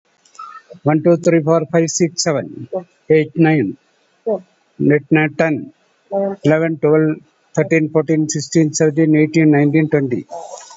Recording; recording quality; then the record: counting at a fast pace; excellent, no background noise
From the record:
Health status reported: COVID-19 positive, mild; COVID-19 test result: positive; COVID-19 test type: RT-PCR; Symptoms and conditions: cough, fatigue, diarrhoea, hypertension, diabetes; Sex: male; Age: 66 years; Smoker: no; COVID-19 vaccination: both doses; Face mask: not worn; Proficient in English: yes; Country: India